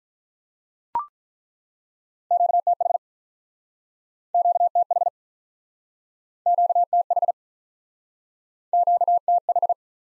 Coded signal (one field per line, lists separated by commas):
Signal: Morse code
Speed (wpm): 47 wpm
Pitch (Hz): 700 Hz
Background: none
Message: QTH QTH QTH QTH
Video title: Top 20 QSO Elements - Speed-Racing - 35wpm